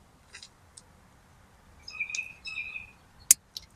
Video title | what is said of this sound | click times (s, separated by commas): Boost Auto Parts Tow Mirrors: Full Install on my F150 & Honest Review! | Yep. You'll hear it click when it gets latched in. | 3.3 s